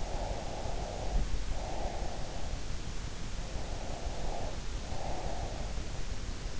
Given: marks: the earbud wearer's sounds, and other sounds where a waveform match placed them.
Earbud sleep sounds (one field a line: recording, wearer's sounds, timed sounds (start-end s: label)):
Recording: sounds in sleep by an in-ear microphone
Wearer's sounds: breath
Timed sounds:
0.00-2.68 s: breath
3.49-5.85 s: breath